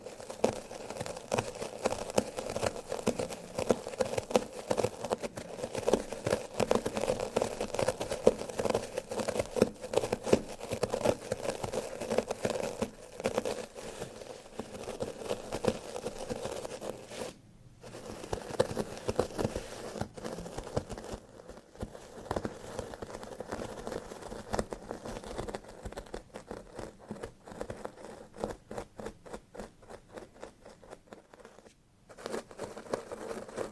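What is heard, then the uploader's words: Small scratching strokes on various surfaces, quick and dense, with the sound centered in a mid, dry rasp. A brief pause near 17 seconds; after about 21 seconds the strokes turn sparser and more evenly spaced, with another short stop around 31 seconds. TimASMR-Mini Scratching on Carpet, Wood, PVC, and more (NO TALKING).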